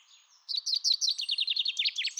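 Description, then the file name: Common chaffinch song: a quiet lead-in, then a bright run of quick repeated notes to the end. "Fringilla coelebs"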